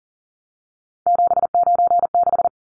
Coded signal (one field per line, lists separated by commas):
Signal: Morse code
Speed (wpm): 40 wpm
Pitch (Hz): 700 Hz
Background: none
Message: 796